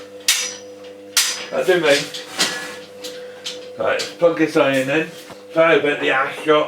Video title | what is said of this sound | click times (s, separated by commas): What's going on here, then more ironing & a chat | Right on. Two clicks. | 0.3 s, 1.2 s